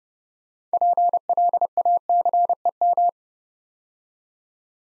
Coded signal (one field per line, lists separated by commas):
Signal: Morse code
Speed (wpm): 28 wpm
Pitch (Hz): 700 Hz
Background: none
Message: PLACEM